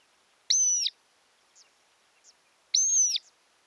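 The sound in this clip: Montagu's harrier uttering two drawn-out, high-pitched whistles a little over two seconds apart, with faint short notes between them.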